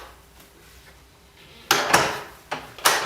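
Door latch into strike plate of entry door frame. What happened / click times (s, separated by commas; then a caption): A door latch snaps into its strike plate / 1.7 s, 2.9 s. A wooden entry door, after its hinges and metal strike plate were adjusted, is closed; its latch catches in the strike plate with sharp knocks at 1.7 s and 2.9 s. The door leaf presses neatly into the frame at top and bottom, and the latch is seated.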